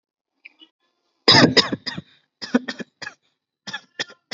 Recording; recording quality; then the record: shallow voluntary cough; excellent, no background noise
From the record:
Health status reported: healthy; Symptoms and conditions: none ticked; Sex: male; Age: 20 years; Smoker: not ticked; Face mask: not worn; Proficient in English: yes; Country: India